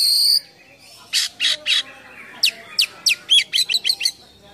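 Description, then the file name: Oriental magpie-robin giving a high tone, then harsh buzzy bursts and a quickening run of sharp clicking whistles. Full gacor singing with a rich full isian of imitated songs. "KACER GACOR FULL ISIAN MEWAH"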